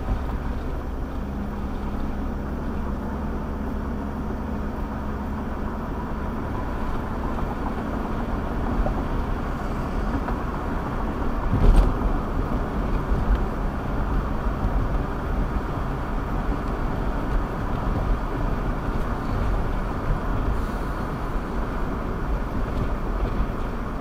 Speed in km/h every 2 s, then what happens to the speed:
44, 48, 53, 55, 61, 61, 64, 69, 69, 69, 69, 66.
0-14 speeds up to 69. 14-24 steady at about 69.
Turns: none.